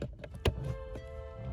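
A green plastic wiring harness connector is handled and pushed toward its mating socket while a remote-start module is installed in a Genesis G70 car. Light plastic taps come near 0.0 and 0.2 s, then a sharper knock at 0.5 s, over a steady low tone. Nothing has seated or clicked yet.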